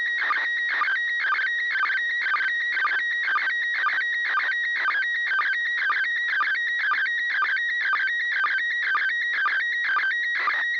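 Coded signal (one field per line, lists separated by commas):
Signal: SSTV (slow-scan television)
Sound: warbling tone shifting pitch with short low sync blips about twice a second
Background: radio hiss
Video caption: First Image Transmission Begin Resulting Image Beginning of a Second Image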